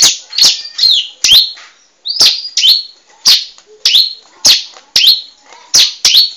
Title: Suara Burung Ciblek